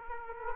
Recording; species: mosquito wingbeat signal from an infrared sensor; Aedes aegypti